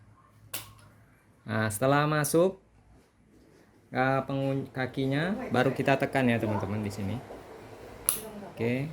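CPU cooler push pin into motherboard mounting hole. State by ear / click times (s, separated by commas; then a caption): seated / 8.1 s. A plastic push-pin foot of a CPU cooler is pressed into a motherboard mounting hole while someone talks. A sharp click at 8.1 s shows the push pin has seated.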